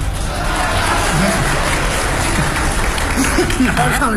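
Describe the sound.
An audience claps in steady applause after a performer sings lines of Bai-style drum ballad, on Beijing Literature and Art Radio: a dense, even patter of many hands that fills the whole stretch at a fairly loud level, with voices faintly mixed in underneath.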